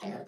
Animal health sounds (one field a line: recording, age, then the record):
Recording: pig call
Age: piglet (1 to 25 days)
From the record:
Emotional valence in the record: negative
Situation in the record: short isolation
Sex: female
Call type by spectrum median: low-frequency call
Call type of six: low-frequency tonal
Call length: 0.28 s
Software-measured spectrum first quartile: 251 Hz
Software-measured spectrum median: 479 Hz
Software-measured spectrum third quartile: 916 Hz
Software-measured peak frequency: 208 Hz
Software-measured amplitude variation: 135 dB a second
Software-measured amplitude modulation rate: 12.6 a second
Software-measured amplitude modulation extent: 10.7 dB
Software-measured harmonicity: 1.8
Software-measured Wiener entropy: -0.27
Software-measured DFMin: 755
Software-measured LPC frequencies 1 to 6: 654, 1931, 2837, 3760, 4901, 6054 Hz